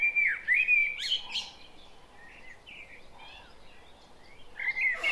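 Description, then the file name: Common blackbird singing a mellow whistled phrase that breaks into squeaky twitters, then a pause with soft chirps before another fluty phrase begins. "Turdus merula"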